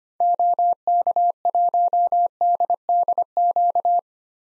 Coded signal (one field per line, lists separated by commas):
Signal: Morse code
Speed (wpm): 25 wpm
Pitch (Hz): 700 Hz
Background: none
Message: OK1DDQ